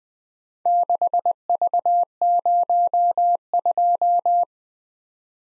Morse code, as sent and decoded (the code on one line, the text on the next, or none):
-.... ...- ----- ..---
6V02